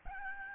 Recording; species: mosquito wingbeat signal from an infrared sensor; Aedes albopictus